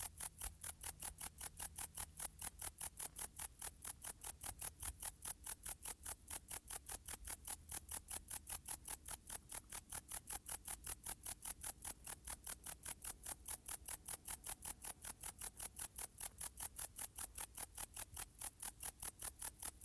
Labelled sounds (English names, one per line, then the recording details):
Bog Bush-cricket stridulation
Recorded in the wild
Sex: male
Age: imago
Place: Königswartha, Oberlausitz, Sachsen, DE
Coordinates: 51.3272, 14.3083
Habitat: meadow
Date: 1989-08-10
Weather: sonnig
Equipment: Riporter 6 RG-K, Halbspur, Sennheiser MKH 416 T
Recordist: Frommolt, Karl-Heinz